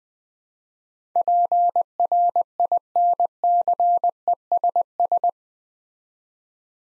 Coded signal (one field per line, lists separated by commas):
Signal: Morse code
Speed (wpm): 20 wpm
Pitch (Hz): 700 Hz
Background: none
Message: PRINCESS